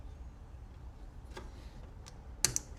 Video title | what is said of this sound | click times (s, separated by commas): Plastic Carburetor Rebuild: Briggs & Stratton Won't Start? Watch This! | There you go, until it snaps. | 2.4 s